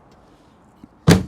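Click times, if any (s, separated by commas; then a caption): 1.1 s. A New Gen BAK Flip MX4 folding hard tonneau cover on a Ford Raptor pickup truck bed is lowered and closed normally onto the bed rails, without slamming. After a quiet stretch and a faint soft knock near 0.8 s, a sharp, bright latching clunk sounds at 1.1 s as the cover locks into place.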